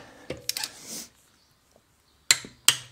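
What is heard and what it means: A torque wrench is tightened on a wheel lug nut of a Tesla Model S, with some handling noise early on before the wrench clicks sharply at its torque setting at 2.3 s and again at 2.7 s. The nut is confirmed torqued to the set value.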